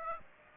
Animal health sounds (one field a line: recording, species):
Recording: mosquito wingbeat signal from an infrared sensor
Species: Aedes aegypti